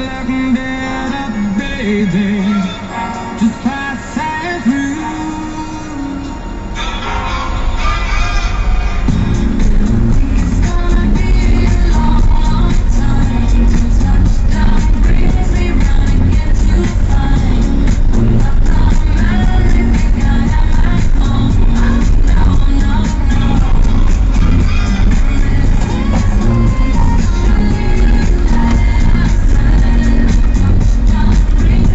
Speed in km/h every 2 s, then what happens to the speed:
0, 0, 0, 8, 15, 17, 17, 19, 19, 18, 18, 18, 18, 17, 19, 18.
0-5 standing. 5-13 pulls away to 19. 13-32 steady at about 18.